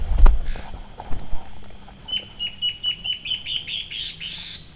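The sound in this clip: Bird calling in a series of high, sharp notes, after several heavy thumps at the start.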